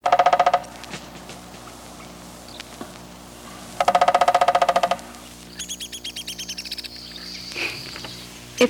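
Woodpecker drumming in two rapid, even bursts of hard taps, the second lasting about a second, followed by a quick series of high, sharp chirping notes and a few isolated clicks.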